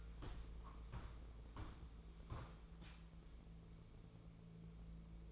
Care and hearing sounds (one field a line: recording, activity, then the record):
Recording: daily activity, microphone in the room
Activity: walk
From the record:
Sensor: 1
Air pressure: 1005.5 hPa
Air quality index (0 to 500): 126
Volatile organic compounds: 5 ppm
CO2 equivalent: 1776 ppm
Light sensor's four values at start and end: 11/27/11/12 and 11/26/10/11